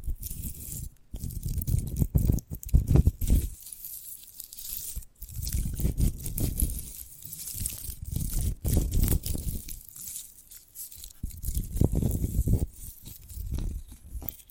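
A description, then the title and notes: Someone eats a sprouted coconut, with wet chewing and crunching that rise and fall in bursts throughout. Low, fleshy bites alternate with bright crackly tearing sounds, and brief silent gaps fall around one and five seconds. ASMR of a Sprouted Coconut (No Talking).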